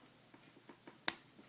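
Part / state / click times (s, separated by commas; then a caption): plastic wrist tab piece into grooves of toy hand main section / seated / 1.1 s. A tabbed plastic wrist piece of a 3D-printed toy hand upgrade is pressed into the grooves of the main hand section. A few soft taps lead to a single sharp plastic snap at 1.1 s. The wrist joint is seated and assembled.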